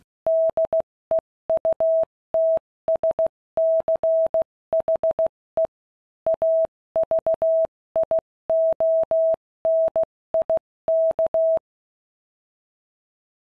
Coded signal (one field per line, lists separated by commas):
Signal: Morse code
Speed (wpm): 16 wpm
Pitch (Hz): 650 Hz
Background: none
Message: DEUTSCHE AVIONIK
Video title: Henschel Hs 293 radio control system